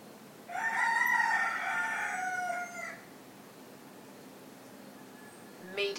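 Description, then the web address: Rooster crow, one loud harsh cock-a-doodle-doo lasting about two and a half seconds, then quiet hiss and a brief sound at the end. Morning cockcrows. "the sound pack tree. morning with cockcrows"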